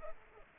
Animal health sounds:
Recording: mosquito wingbeat signal from an infrared sensor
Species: Culex pipiens

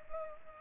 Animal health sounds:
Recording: mosquito wingbeat signal from an infrared sensor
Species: Culex pipiens

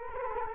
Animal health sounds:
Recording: mosquito wingbeat signal from an infrared sensor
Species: Culex quinquefasciatus

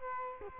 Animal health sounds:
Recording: mosquito wingbeat signal from an infrared sensor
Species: Culex quinquefasciatus

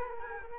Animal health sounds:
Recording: mosquito wingbeat signal from an infrared sensor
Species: Culex quinquefasciatus

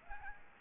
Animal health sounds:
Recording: mosquito wingbeat signal from an infrared sensor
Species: Aedes aegypti

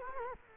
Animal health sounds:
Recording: mosquito wingbeat signal from an infrared sensor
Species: Culex quinquefasciatus

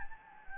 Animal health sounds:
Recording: mosquito wingbeat signal from an infrared sensor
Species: Anopheles gambiae

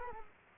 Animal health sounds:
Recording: mosquito wingbeat signal from an infrared sensor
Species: Culex quinquefasciatus

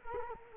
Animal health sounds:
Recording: mosquito wingbeat signal from an infrared sensor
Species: Culex quinquefasciatus

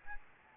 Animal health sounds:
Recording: mosquito wingbeat signal from an infrared sensor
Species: Aedes albopictus

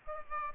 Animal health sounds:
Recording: mosquito wingbeat signal from an infrared sensor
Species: Aedes aegypti

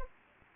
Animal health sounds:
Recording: mosquito wingbeat signal from an infrared sensor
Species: Anopheles gambiae

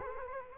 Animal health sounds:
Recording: mosquito wingbeat signal from an infrared sensor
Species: Culex quinquefasciatus

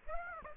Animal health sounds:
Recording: mosquito wingbeat signal from an infrared sensor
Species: Aedes aegypti

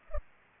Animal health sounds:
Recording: mosquito wingbeat signal from an infrared sensor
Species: Culex pipiens

